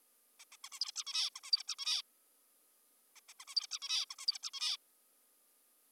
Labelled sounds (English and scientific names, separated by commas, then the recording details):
Zebra Finch (Taeniopygia guttata)
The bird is an adult
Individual g19o3U